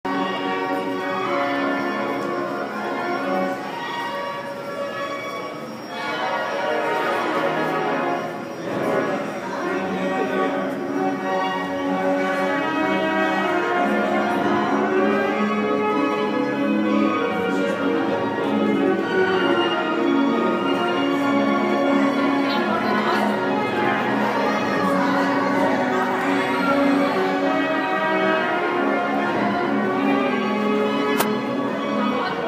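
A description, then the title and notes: Sounds at a carousel: steady, dense organ-like music with many ringing, bell-like tones layered over one another, playing continuously at an even loudness. A brief dip near six to nine seconds, faint voices mixed underneath, and a sharp click just after thirty seconds. Sounds at Jane's Carousel.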